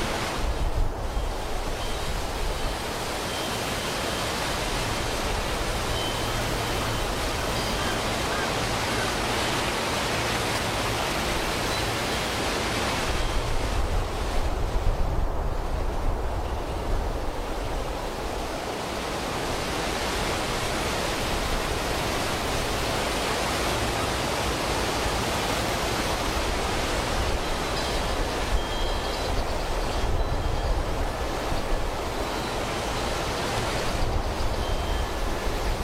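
Wind moves through a forest as a dense, steady rush that fills everything from a low rumble up to a bright hiss. Around the middle the top end thins briefly as a gust eases, then the full roar returns and holds to the end.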